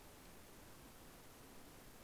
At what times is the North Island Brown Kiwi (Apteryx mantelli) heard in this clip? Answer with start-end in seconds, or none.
none